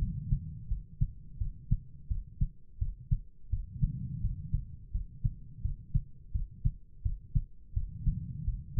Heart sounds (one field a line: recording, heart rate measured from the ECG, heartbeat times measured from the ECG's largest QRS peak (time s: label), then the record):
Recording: heart sounds by stethoscope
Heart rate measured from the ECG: 85 bpm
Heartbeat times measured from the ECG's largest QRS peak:
0.67 s: heartbeat
1.37 s: heartbeat
2.07 s: heartbeat
2.78 s: heartbeat
3.49 s: heartbeat
4.20 s: heartbeat
4.91 s: heartbeat
5.61 s: heartbeat
6.31 s: heartbeat
7.01 s: heartbeat
7.73 s: heartbeat
8.43 s: heartbeat
From the record:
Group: healthy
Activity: rest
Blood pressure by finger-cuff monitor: 91/56 mmHg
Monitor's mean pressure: 72 mmHg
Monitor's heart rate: 85 bpm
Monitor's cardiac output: 6.5 L/min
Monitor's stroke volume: 76 mL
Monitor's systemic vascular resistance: 780 dyn s/cm5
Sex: female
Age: 43 years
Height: 160 cm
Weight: 90 kg